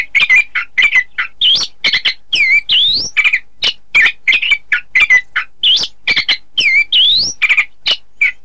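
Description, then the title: Thrush song full of loud, rich phrases: rising and falling whistles mixed with harsh chatter, delivered almost continuously. "Suara Burung Anis"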